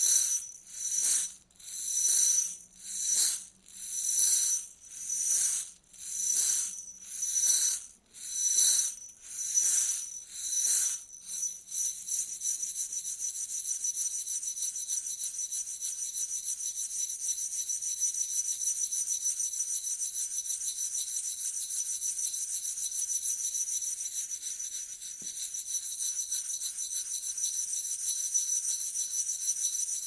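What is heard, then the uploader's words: Shaking sounds come in a quick, regular series of rattling bursts, about one per second, for the first twelve seconds, bright and jingly with a faint low hum beneath. Afterward the rattle settles into a steady, dense high hiss that continues to the end. ASMR Sounds of shaking (NO TALKING).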